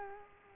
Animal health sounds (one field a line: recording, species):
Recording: mosquito wingbeat signal from an infrared sensor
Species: Culex quinquefasciatus